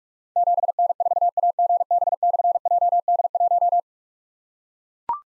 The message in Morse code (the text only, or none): 7N4AGB/JD1